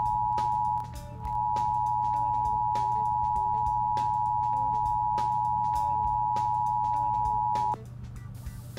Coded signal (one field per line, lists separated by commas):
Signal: Emergency Alert System (SAME) tones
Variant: 853 and 960 Hz attention tone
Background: music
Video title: [READ DESC] How To Make An EAS Mock!